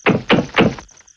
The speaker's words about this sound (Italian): Quella notte, mentre dormiva nella sua capanna, sentì bussare.